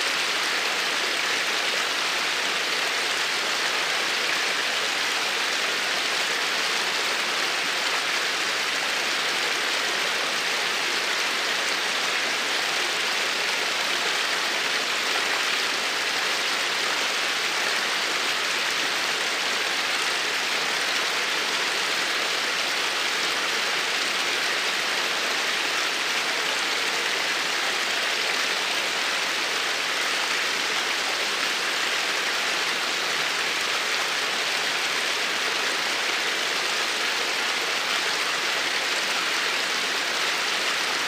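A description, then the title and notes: A stream flows in a steady, dense hiss of bright rushing water that never changes, with little low rumble underneath. The sound of flowing water echoing through nature. The soft murmur of the stream. Stream Sounds.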